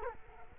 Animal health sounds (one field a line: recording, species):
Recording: mosquito wingbeat signal from an infrared sensor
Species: Culex quinquefasciatus